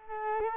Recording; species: mosquito wingbeat signal from an infrared sensor; Culex quinquefasciatus